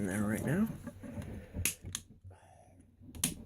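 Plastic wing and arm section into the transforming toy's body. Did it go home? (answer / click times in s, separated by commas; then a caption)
yes / 3.2 s. Someone talks while struggling to fit the plastic wing and arm section of a transforming robot toy into its body, with sharp plastic clicks and knocks at about 1.6 and 2.0 seconds. A loud, sharp snap at 3.2 seconds marks the section seating in place, leaving the wingtips hidden.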